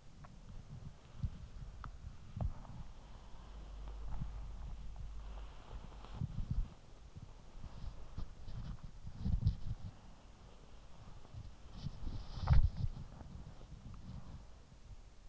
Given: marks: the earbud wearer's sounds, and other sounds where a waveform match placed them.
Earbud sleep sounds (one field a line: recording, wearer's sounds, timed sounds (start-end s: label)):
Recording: sounds in sleep by an in-ear microphone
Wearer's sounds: body movement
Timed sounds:
0.00-15.28 s: body movement